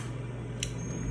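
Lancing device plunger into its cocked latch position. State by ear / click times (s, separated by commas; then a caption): seated / 0.6 s. The plunger of a plastic lancing device is pulled back until its spring mechanism latches into the cocked position. A short, sharp click sounds at 0.6 s over a steady low hum, and the device is cocked and ready.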